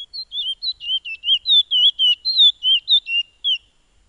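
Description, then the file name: Black-capped white-eye song of rapid, high, twisting whistles, about four notes a second, stopping after about three and a half seconds. "suara burung piolet omkicau"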